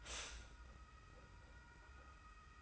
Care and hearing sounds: daily activity, microphone in the room; stop toaster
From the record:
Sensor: 2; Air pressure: 991.6 hPa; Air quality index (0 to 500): 188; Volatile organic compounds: 1000 ppm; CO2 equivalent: 6134 ppm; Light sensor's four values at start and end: 31/95/37/35 and 31/95/37/35

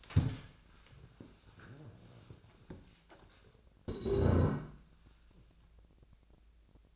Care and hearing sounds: daily activity, microphone in the room; stand up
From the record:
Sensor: 2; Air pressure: 1000.3 hPa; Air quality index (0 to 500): 159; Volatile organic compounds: 3 ppm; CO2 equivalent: 1323 ppm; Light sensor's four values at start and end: 9/20/9/9 and 8/18/8/9

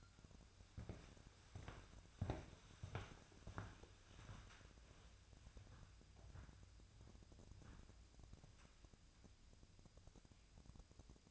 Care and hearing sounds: daily activity, microphone in the room; walk to room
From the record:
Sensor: 2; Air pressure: 999.8 hPa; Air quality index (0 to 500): 121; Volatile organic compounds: 2 ppm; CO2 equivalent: 1044 ppm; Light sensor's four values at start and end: 30/73/32/36 and 32/76/34/38

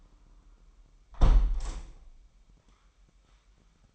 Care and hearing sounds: daily activity, microphone in the room; close window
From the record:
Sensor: 1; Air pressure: 998.5 hPa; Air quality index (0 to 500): 126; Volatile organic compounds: 3 ppm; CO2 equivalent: 1509 ppm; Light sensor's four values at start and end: 8/19/8/9 and 8/19/8/9

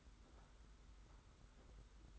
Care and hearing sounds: daily activity, microphone in the room; take from stove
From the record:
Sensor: 3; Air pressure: 991.1 hPa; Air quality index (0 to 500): 103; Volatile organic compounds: 37 ppm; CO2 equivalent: 3093 ppm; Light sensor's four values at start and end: 45/124/51/44 and 45/124/51/44

